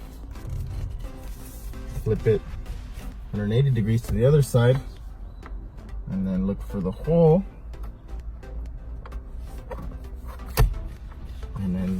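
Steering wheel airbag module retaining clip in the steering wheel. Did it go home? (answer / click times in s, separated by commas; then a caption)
released / 10.6 s. A pick is pushed into the hole behind the steering wheel of a 2020 Nissan (Altima, Kicks, Rogue, Sentra) to release the spring retaining clip holding the steering wheel airbag module, while someone talks. A sharp click is heard at 10.6 s as the clip releases.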